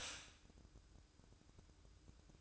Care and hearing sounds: daily activity, microphone in the room; stop toaster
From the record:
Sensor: 2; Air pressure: 1007.1 hPa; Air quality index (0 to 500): 37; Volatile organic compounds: 1 ppm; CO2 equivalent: 533 ppm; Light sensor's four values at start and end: 6/14/6/6 and 6/14/6/6

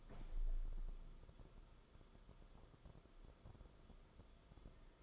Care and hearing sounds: daily activity, microphone in the room; open window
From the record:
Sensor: 5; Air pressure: 994.4 hPa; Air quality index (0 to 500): 186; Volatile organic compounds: 1000 ppm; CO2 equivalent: 5480 ppm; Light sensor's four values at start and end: 9/22/9/9 and 9/23/9/10

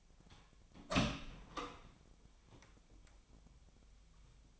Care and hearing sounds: daily activity, microphone in the room; open door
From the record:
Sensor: 1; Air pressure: 1007.2 hPa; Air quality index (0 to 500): 200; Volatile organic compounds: 20 ppm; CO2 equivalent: 2699 ppm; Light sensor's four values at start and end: 13/32/13/14 and 13/33/13/15

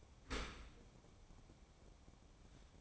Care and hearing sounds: daily activity, microphone in the room; open dishwasher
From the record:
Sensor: 1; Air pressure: 1012.4 hPa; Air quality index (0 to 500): 170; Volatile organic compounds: 3 ppm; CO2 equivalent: 1386 ppm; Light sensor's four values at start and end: 485/1068/487/534 and 484/1067/487/534

